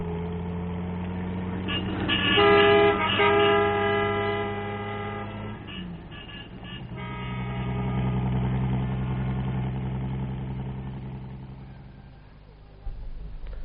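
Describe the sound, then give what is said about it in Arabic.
Steady rumble of an unbroken stream of traffic crossing a bridge, with low engine drones and a burst of horn-like tones from about 2 to 3.5 seconds, then continuous road noise swelling and fading without speech. “وفي تلك اللحظة كان تيار المرور الذي لا ينقطع يصل سيره فوق الجسر.”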